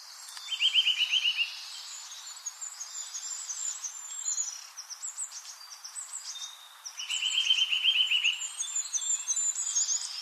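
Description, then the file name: Eurasian nuthatch giving two fast, rattling trills of rapid notes, each lasting about a second, over a busy chorus of high twittering songbirds. "Sitta europaea"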